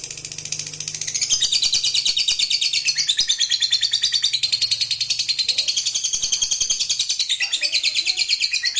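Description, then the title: Lovebird delivering a sustained, shrill, rapid trill that wavers slightly in pitch. Fighter lovebird giving long ngekek trill. "Suara Lovebird FIGHTER NGEKEK PANJANG"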